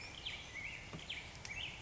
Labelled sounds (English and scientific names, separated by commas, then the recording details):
Black-headed Grosbeak (Pheucticus melanocephalus)
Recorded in Sonoma County, California